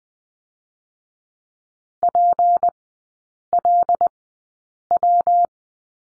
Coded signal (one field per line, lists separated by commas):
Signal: Morse code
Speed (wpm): 20 wpm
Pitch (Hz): 700 Hz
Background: none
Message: PLW